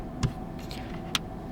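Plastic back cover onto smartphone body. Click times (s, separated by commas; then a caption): 0.2 s, 0.7 s, 1.2 s. A plastic back cover is pressed onto the body of an ALCATEL 1B (2020) smartphone around its edges until its clips snap home, which is done when fixing no SIM card being detected. Sharp clicks sound at 0.2 s, 0.7 s and 1.1 s, the last one the loudest, over a steady low background hum. The cover seats.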